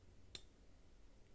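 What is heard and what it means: A Real Steel Cormorant Apex fixed-blade knife has its handle extension opened so it kicks over into its framelock position. A single sharp, bright click at 0.4 s marks the framelock locking the handle extension in place, followed by quiet background noise.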